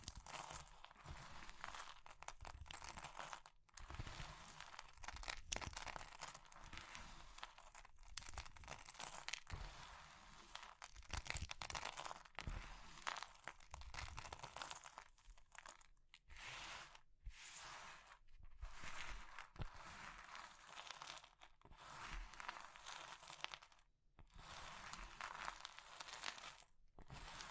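Crisp crushing and crumbling of brittle material, like chalk or meringue being pressed apart, runs almost without pause. Dense crackly bursts come in quick irregular waves, with short gaps of near silence around 4, 16–18 and 24 seconds.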